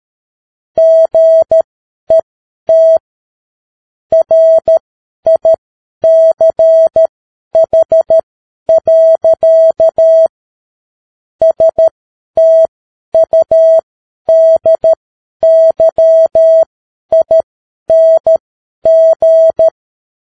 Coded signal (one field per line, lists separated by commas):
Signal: Morse code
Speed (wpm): 13 wpm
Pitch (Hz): 650 Hz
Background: none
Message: GET RICH. STUDYING